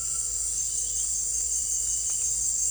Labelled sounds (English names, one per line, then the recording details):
none
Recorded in dense forest near Puerto Asís, Putumayo, Colombia, on 21 December 2024 at 18:00
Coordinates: 0.484, -76.317
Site G026